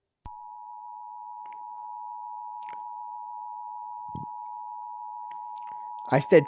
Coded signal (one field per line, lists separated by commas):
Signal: Emergency Alert System (SAME) tones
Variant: 853 and 960 Hz attention tone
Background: speech